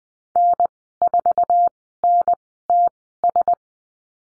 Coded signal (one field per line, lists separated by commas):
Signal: Morse code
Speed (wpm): 20 wpm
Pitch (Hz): 700 Hz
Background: none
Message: N4NTS